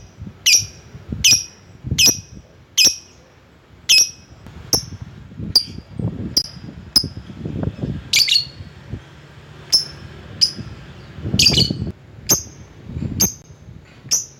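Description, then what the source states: Lovebird giving high, sharp chirps, steady at first, then more irregular with a few harsher notes, over low background rustle. Lovebird calling a rival.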